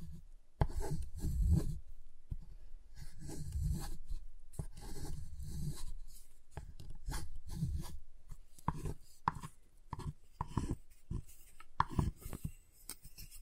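A giant chocolate bar is tapped, cut and snapped, with dense low rubbing and scraping for the first eight seconds or so. After that come sharper, separate clicks and cracks at an irregular pace, a few bright snaps standing out near the end.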